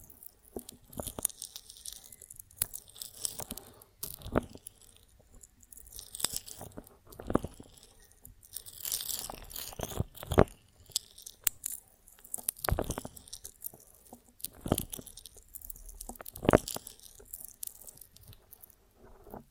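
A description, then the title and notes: Honeycomb on a branch being bitten and chewed, with irregular sticky crunches and sharp snaps roughly every second or two, amid soft wet smacking. ASMR of a Honeycomb on Branch (No Talking).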